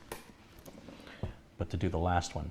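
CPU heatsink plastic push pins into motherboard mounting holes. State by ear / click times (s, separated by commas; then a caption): seated / 0.1 s, 0.7 s, 1.2 s. Plastic push pins on a stock CPU heatsink are pressed down one corner at a time, in diagonal order, into the motherboard mounting holes until they click in place. Sharp clicks sound at about 0.1, 0.7 and 1.2 seconds while someone talks, and the pins are seated.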